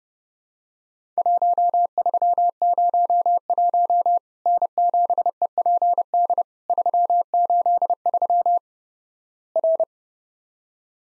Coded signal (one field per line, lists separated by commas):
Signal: Morse code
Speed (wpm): 29 wpm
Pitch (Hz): 700 Hz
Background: none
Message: 1301 N7EPD 383 R